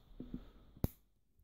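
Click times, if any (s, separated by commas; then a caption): 0.8 s. A circlip (snap ring) is pressed back onto the central-locking tailgate lock mechanism of a Renault 19 during a repair of the faulty lock. After two faint low bumps near 0.2 and 0.4 s, a sharp, bright click sounds at 0.9 s and then fades to quiet. The circlip snaps into place and is seated on the tailgate lock.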